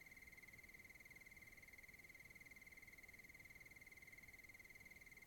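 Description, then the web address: Cricket calling with an even, rapid, high chirping pulse, unbroken throughout. Wild crickets recorded in Oregon wilderness. "Discover Oregon - Wilderness Crickets Crickets Sutton Cricket"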